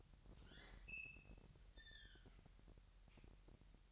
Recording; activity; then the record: daily activity, microphone in the room; open fridge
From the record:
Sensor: 3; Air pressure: 1001.9 hPa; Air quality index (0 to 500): 242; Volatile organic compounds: 46 ppm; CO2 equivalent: 3248 ppm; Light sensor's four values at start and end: 12/36/16/13 and 12/36/16/13